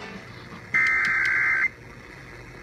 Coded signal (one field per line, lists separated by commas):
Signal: Emergency Alert System (SAME) tones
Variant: header bursts